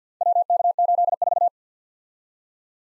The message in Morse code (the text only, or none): WK84